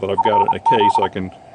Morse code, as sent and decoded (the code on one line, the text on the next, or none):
..-. --..
FZ